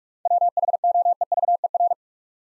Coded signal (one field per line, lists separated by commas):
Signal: Morse code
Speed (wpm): 45 wpm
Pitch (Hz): 700 Hz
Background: none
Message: WHOEVER